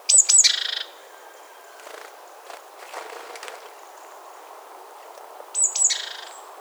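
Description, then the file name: Great tit calls given twice, about five seconds apart; each is a pair of thin high notes followed by a brief buzzy rattle, with quiet scattered ticks between. "Parus major"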